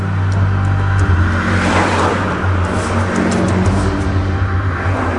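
A car engine runs loud and steady with a deep, droning rumble, its tone swelling briefly as the car pulls away and picks up speed, driven as fast as possible toward La Serena, with no voices.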